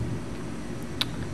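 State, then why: Seated. After the factory tweeter is pried out, a new aftermarket BAVSOUND Stage One tweeter is pushed into the plastic interior trim tweeter mount of a 2004–2010 BMW 6 Series Coupe (E63). Over a steady low rumble, a faint tick sounds at 0.8 s, then a sharp, bright click at 1.0 s as the tweeter snaps into the mount. It is seated and a perfect fit.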